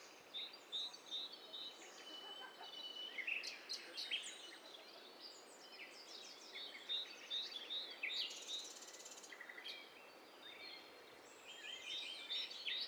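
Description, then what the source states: Birds in a mixed chorus, many high twittering and whistled notes overlapping, with a short buzzy burst midway over constant hiss. Overlapping mix of several birds, in stereo.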